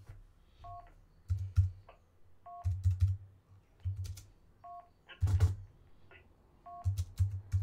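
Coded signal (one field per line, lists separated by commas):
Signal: none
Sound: software notification beeps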